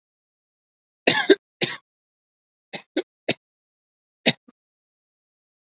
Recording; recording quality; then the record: shallow voluntary cough; excellent, no background noise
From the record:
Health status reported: COVID-19 positive, no symptoms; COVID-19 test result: positive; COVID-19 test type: RT-PCR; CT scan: not taken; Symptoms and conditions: none ticked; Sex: male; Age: 38 years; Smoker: no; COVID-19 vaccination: both doses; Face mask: worn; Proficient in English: no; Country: India